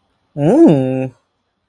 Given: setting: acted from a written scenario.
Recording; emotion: vocal sound without words; contentment